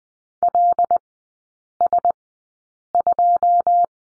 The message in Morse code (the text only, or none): LS2